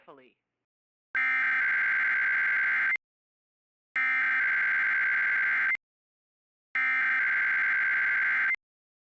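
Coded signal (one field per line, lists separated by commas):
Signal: Emergency Alert System (SAME) tones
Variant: header bursts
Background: speech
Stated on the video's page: EAS simulation of a Required Weekly Test.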